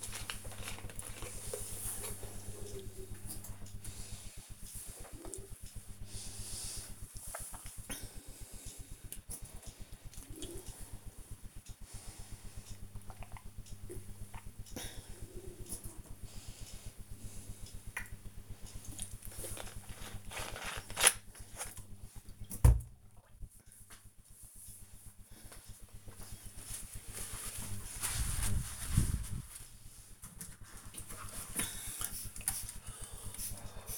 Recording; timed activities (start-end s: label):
household activities, microphone on the right wrist
0.00-21.32 s: drinking
27.37-33.98 s: window cleaning